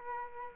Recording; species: mosquito wingbeat signal from an infrared sensor; Aedes aegypti